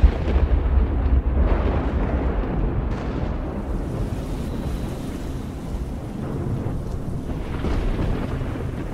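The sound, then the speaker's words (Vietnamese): Deep, continuous thunder rumbles heavily through the whole stretch, loudest at the start, with a dense hiss of pouring rain layered over it and no voices. “Cũng vừa lúc trên bầu trời sấm sét nổi lên đùng đùng, cơn mưa bắt đầu trút xuống.”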